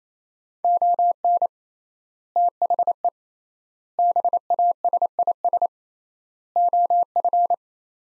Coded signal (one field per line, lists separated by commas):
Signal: Morse code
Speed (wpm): 28 wpm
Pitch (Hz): 700 Hz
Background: none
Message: ON THE BASIS OF